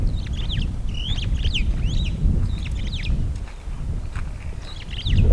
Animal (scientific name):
Lamprotornis superbus